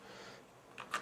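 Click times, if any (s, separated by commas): none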